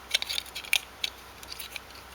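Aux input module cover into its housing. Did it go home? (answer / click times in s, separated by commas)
no / none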